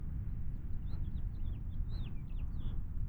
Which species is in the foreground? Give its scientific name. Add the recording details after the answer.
Haemorhous mexicanus. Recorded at Wantagh on Long Island, New York, on 21 May 1975. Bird G